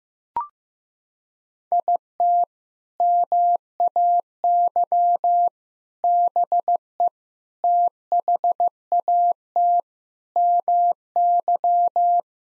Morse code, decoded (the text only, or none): IT MAY BE THAT MY